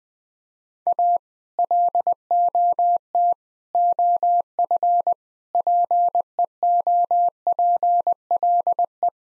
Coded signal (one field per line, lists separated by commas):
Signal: Morse code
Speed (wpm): 20 wpm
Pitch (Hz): 700 Hz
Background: none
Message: A LOT OF PEOPLE